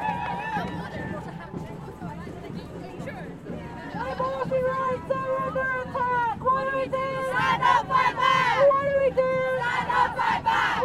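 A large protest crowd gathers outdoors, a dense babble of many voices under a steady low rumble. From about four seconds, raised voices chant and shout together in rhythmic bursts, growing louder and more excited toward the end, with sharp bright cries near nine and eleven seconds.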